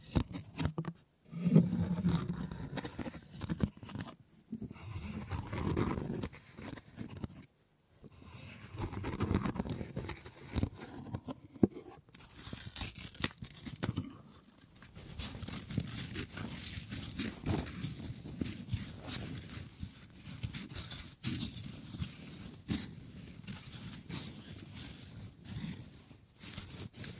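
Wood triggers: dense, scratchy rubbing and tapping on wood, full in the low end with crisp rustling on top. Brief silent breaks come near 1, 4, 7.5 and 12 seconds, then a longer, steadier stretch of scraping and ticking runs to the end.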